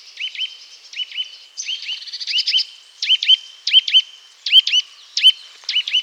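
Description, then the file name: Eurasian nuthatch repeating sharp rising notes in doubles and triples at short intervals, with a brief rapid high chatter early on. "Sitta europaea"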